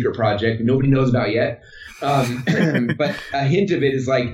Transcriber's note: laughing